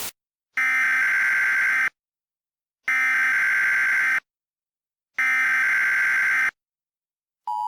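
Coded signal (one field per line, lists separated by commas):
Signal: Emergency Alert System (SAME) tones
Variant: header bursts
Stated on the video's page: Fictional mock EAS alert.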